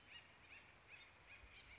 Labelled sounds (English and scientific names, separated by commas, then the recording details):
Acorn Woodpecker (Melanerpes formicivorus)
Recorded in Sonoma County, California